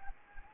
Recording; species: mosquito wingbeat signal from an infrared sensor; Anopheles arabiensis